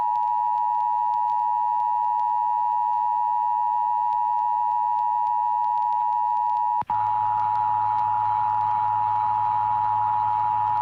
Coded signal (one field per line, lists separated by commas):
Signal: Emergency Alert System (SAME) tones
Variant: 853 and 960 Hz attention tone